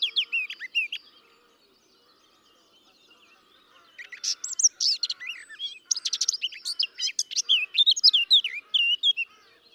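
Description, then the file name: Eurasian blackcap song, a short warbled phrase, then after a pause a long, rich, rapid outpouring of slurred whistles and chattering notes. "Sylvia atricapilla"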